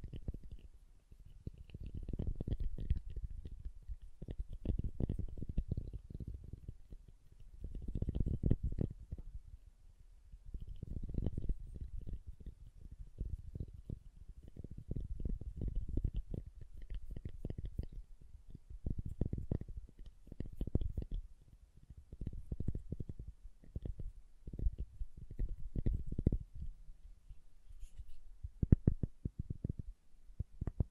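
Soft soap being tapped and carved, with dense bursts of low, muffled scraping and thudding that come in clusters of a second or two, separated by brief pauses. The sound stays mostly dull and low, with faint, sparse higher ticks above it throughout.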